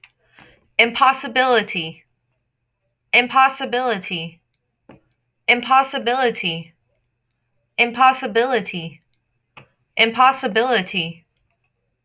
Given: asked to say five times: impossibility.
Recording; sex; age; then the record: repeated word; female; 20 to 29 years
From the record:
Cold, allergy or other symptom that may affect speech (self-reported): no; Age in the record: 27 years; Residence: Texas, United States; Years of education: 14